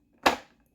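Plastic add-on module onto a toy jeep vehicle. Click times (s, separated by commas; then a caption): 0.3 s. A plastic APC add-on module for the Gridiron Studios Enemy Ground Pounder is angled in under its lip, above the bumper hinge, and pressed onto the bumper area of a toy jeep (the Stinger). It snaps home all at once with a single sharp, bright click at 0.3 s that quickly decays. The module is seated.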